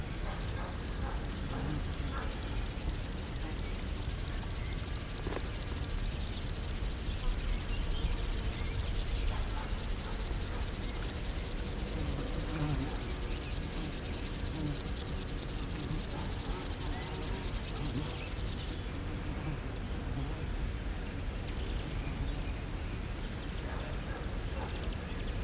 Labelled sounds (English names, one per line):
Upland Field Grasshopper stridulation